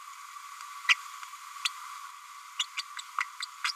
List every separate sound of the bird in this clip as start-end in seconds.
2.59-2.64, 2.77-2.82, 2.98-3.01, 3.20-3.24, 3.42-3.46, 3.64-3.71